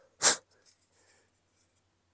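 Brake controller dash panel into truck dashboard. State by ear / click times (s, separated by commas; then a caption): not seated / none. A new OEM brake controller dash panel for a 2019+ Ram 1500 is picked up and positioned at the truck dashboard before its connector is plugged in. A short, loud broadband burst comes at about 0.2–0.4 s, followed by a few faint light ticks near 0.5, 0.7 and 1.1 s, then quiet. Nothing has snapped or seated into place yet.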